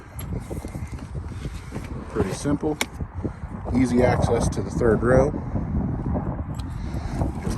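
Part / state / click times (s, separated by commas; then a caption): minivan second-row seat latch into floor anchor / seated / 7.2 s. A 2023 Chrysler Pacifica Limited Hybrid minivan's second-row seat, tumbled forward for third-row access, is pushed back until its floor latch engages the floor anchor. Someone talks over steady background noise, and a single clunk at 7.2 s marks the seat latching back into place.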